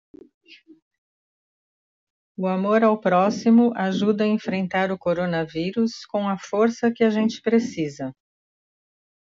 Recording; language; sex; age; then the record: spoken sentence; Brazilian Portuguese; female; 60 to 69 years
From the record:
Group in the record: control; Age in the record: 68 years